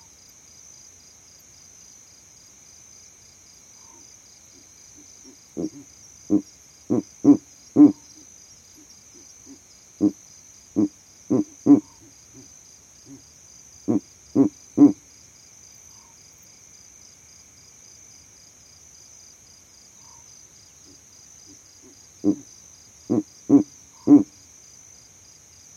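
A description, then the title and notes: A Verreaux's eagle owl calls in the savanna, giving deep, short hoots in clusters of three to five, with bursts around 6, 10, 14 and 23 seconds. Between groups there are quiet gaps, while a steady high insect trill runs underneath throughout. Owl Calling In The Savanna. This Verreaux's eagle owl advertised his territory from the exact tree that I set up my overnight sound recording rig in.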